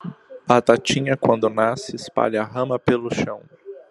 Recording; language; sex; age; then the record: short text; Brazilian Portuguese; male; 30 to 39 years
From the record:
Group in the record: control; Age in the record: 38 years